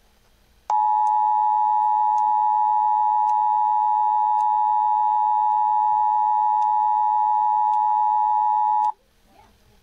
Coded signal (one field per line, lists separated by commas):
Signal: Emergency Alert System (SAME) tones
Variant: 853 and 960 Hz attention tone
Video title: EAS Tornado Warning Seminole and Orange County Florida WPOZ-FM Orlando, FL